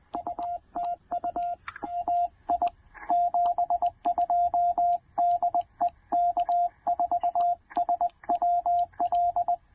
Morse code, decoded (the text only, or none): UTU AI 72 DE K4SWL